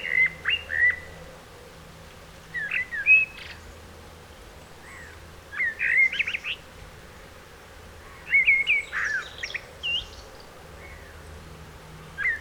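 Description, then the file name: Eurasian blackbird singing mellow whistled phrases in several bursts a few seconds apart, some ending in high squeaky twitters, over a low steady hum. "Turdus merula"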